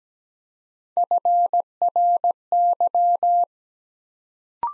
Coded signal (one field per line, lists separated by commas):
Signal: Morse code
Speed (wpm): 17 wpm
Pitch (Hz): 700 Hz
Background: none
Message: FRY